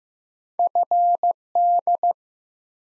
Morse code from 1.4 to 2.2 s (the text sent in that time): D